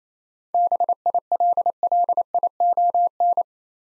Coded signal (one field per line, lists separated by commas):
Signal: Morse code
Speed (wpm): 29 wpm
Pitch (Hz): 700 Hz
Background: none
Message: BILLION